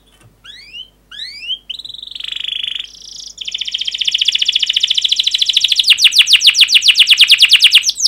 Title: Kenari Gacor Speed RAPAT Cuit Cuit Ngero L Suara Bagus Untuk Pancingan Kenari Paud Belajar Bunyi